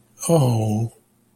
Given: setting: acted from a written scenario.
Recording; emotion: vocal sound without words; sympathy